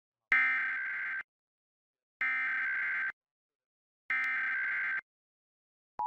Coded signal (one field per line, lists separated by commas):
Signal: Emergency Alert System (SAME) tones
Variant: header bursts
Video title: KNTV Emergency Alert System - 2018 National Periodic Test (October 3, 2018)